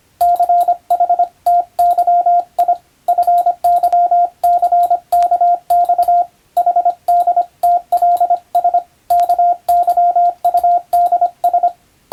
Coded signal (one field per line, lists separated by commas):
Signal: Morse code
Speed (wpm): 25 wpm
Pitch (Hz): 700 Hz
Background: radio noise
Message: CHTYI FYCKX HDTLS KYUDS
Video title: 昔はモールス符号を駆使して船と陸との連絡する無線通信士という仕事がありました。今でも国家試験で実技があります。YouTubeの再生速度を設定して聞いてみよう morse code practice